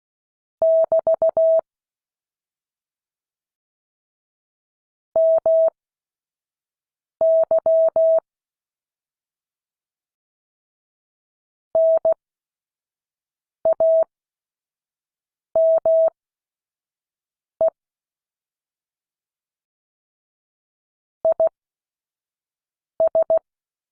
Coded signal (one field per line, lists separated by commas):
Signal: Morse code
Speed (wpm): 16 wpm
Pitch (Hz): 650 Hz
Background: none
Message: <BT> MY NAME IS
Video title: Friday 2022-08-26 Morse code class